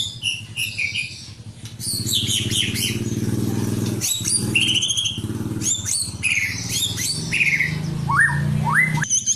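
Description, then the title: White-rumped shama song: a varied run of loud clear whistles, quick chirps and rising slurred notes, over a steady low hum through most of it. "murai batu"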